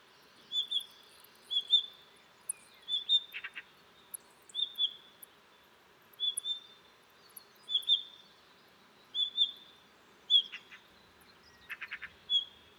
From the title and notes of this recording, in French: Dentelles de Montmirail - Nagra seven - Telinga pro7. Des le lever du jour un Monticole bleu (Monticola solitarius) se signale en alarmant dans la falaise, ensuite il se met à chanter pour marquer son territoire. Il va chanter ainsi toute la matinée changeant régulièrement de poste.